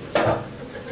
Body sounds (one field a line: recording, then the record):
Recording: coughing mixed with background sound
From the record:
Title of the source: Cough Around the Clock!